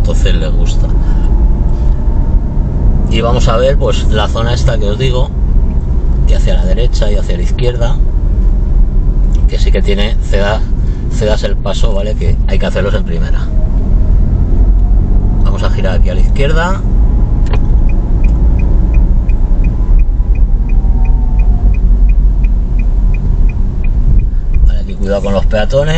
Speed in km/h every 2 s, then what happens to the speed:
29, 34, 33, 32, 30, 22, 17, 25, 28, 27, 22, 20, 13.
0-7 steady at about 32. 7-12 slows to 17. 12-15 speeds up to 28. 18-26 slows to 13.